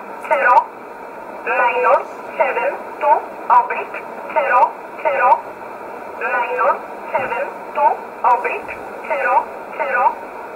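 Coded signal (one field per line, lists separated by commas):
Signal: numbers station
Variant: E11 Oblique, English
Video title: 13 11 2019 E11 Oblique Numbers station in English 1626 on 5082 unknown tx site in USB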